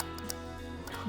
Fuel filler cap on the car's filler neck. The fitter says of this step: Clicks in place and you can just sort of like hang it up on its little hanger there so that's that